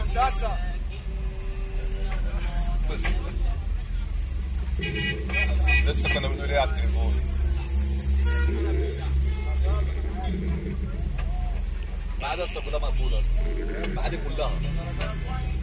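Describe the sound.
Steady, dense street traffic rumbles from inside a taxi, with a low engine drone, scattered car horn toots and a murmur of voices in the background, while another taxi driver who has parked his car directs the traffic in the street.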